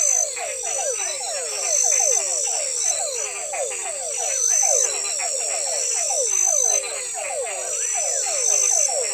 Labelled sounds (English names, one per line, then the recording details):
none
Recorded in forest near Pivijay, Magdalena, Colombia, on 18 April 2023 at 00:30
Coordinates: 10.467, -74.380
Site Z5-G034